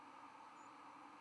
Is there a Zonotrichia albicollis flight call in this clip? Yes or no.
yes